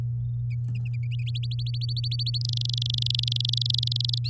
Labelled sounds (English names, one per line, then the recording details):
Domestic Canary song
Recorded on 8 May 2018 at 12:17
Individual llb16